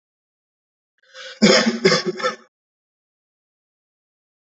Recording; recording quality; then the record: shallow voluntary cough; excellent, no background noise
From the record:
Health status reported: healthy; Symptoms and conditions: none ticked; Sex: male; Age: 26 years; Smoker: not ticked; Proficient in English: yes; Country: India